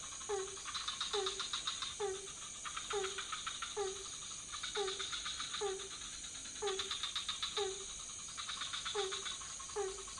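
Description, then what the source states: Frogs croaking: a clipped, falling note repeated steadily about once a second, with bursts of rapid pulsed trills from others and a constant high insect tone. Several frog species in a pond near a hotel, night, Ubud, Bali, Indonesia; recorded with Sony PCM D50, Rode NT4, Rode boompole.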